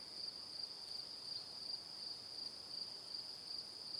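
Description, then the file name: Crickets keep up a thin, continuous high chirping with soft regular pulses. Evening. "Calm - Evening Crickets"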